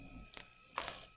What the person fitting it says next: you hear it click a couple times that's enough